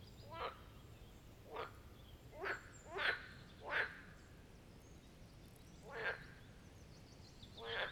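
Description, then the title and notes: Marsh frogs giving pulsed croaking calls, spaced bursts about a second apart with a gap in the middle, over a low steady hiss. Chorus at the Birkensee, Schönbuch, Germany, on one of the first proper hot summer days of 2023. "Marsh Frogs of the Birkensee. A chorus of Marsh Frog ( Pelophylax ridibundus ) at the Birkensee, in Schönbuch, DE. Recorded on one of the first proper hot days of this Summer (2023)"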